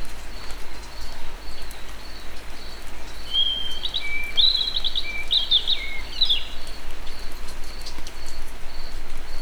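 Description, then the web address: European robin singing a short run of high, thin, warbled notes mixed with brief pure whistles, set against steady hiss and a soft rhythmic high pulsing. Recorded in nature at Egerturistaház. "allathangok termeszetben vorosbegy. vorosbegy egerturistahaz"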